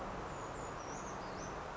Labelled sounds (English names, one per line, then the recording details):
Brown Creeper
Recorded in Sonoma County, California